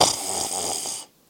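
A single rough, hissy snore from a human lasts about one second, then gives way to silence. Noisy airflow vibrating in the upper airway during sleep produces this sound.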